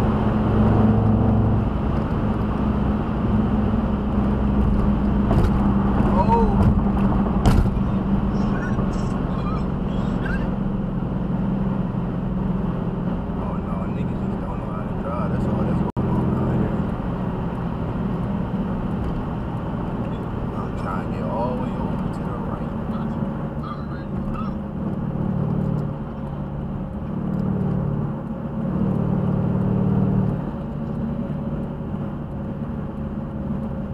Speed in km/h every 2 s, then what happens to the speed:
167, 166, 156, 151, 143, 137, 132, 130, 129, 124, 121, 114, 113, 113, 114, 114, 113.
0-22 slows to 114. 22-34 steady at about 113.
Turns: none.